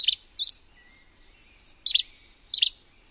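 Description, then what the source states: Gray Flycatcher song, a chirrup note followed by a different tweep note, then after a pause two more chirrups. Two-part song, part A a chirrup and part B a tweep, the parts often mixed in order, AB then AA.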